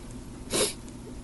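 A single sneeze from an adult man who has caught a long-lasting cold that is going around.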